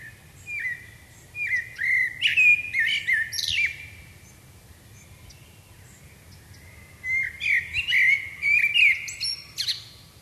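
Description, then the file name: Common blackbird singing a mellow, fluting phrase that ends in shrill twitters. After a pause, a second, busier warbling phrase follows. "Turdus merula"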